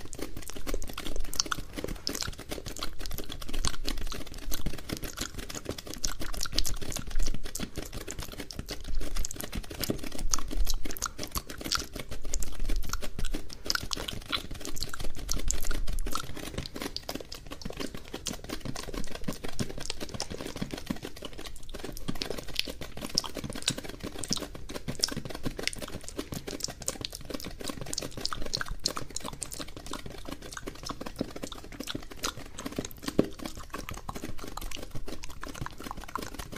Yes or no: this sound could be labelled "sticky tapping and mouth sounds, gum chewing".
yes